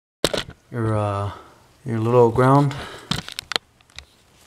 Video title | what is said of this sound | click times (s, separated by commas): Mk6 1.8 Jetta Spark Plug and Coil Pack Replacement | You push them down until they click. You hear a little click. | 0.2 s